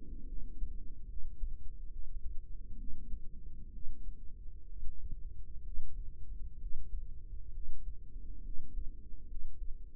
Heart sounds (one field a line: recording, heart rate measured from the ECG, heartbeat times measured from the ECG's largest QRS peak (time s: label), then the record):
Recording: heart sounds by microphone in the right ear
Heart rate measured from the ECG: 67 bpm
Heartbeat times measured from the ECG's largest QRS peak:
0.26 s: heartbeat
1.06 s: heartbeat
1.88 s: heartbeat
2.75 s: heartbeat
3.70 s: heartbeat
4.66 s: heartbeat
5.61 s: heartbeat
6.57 s: heartbeat
7.51 s: heartbeat
8.41 s: heartbeat
9.26 s: heartbeat
From the record:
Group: healthy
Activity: rest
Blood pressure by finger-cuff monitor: 130/65 mmHg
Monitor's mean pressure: 84 mmHg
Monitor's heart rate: 66 bpm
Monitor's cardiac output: 6 L/min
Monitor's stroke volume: 87 mL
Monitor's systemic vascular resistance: 1070 dyn s/cm5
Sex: female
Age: 32 years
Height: 168 cm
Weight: 61.9 kg